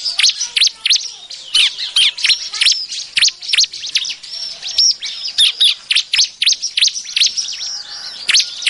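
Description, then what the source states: Bar-winged prinia giving a steady stream of sharp, high, scratchy chirps in quick succession. Noisy lure call used to attract birds.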